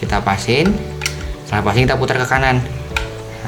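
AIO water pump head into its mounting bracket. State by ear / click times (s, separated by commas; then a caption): seated / 3.0 s. An AIO water-cooler pump head is aligned by its arrow markings and rotated to the right in its mounting bracket while someone talks. A sharp click is heard at 3.0 s as the pump head twists and clicks into place, seated.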